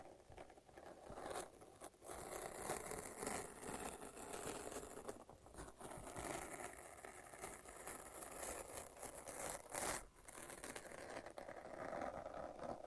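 Sticky tape and a lint roller peel and roll in a dense, crackling rasp that runs almost without pause. The sound surges and dips in uneven strokes, with brief gaps near 2, 5 and 10 seconds. Bright crinkling rides over a low rumble throughout.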